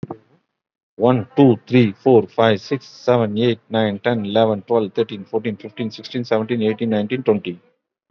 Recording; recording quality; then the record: counting at a fast pace; excellent, no background noise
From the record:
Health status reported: COVID-19 positive, moderate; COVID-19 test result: positive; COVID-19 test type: RT-PCR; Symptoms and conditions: cough, cold, breathing difficulty, fatigue, muscle pain, diabetes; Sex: male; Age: 53 years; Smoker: no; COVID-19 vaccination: one dose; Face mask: worn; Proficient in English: no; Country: India